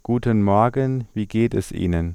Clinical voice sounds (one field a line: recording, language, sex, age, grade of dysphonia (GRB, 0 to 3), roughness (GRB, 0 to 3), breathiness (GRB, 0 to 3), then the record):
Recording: spoken sentence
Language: German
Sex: male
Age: 30 to 39 years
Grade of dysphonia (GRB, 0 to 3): 0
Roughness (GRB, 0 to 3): 0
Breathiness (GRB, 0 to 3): 0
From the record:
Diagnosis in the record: functional dysphonia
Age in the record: 36 years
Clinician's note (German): Multifaktoriell, mit cervicogener Komponente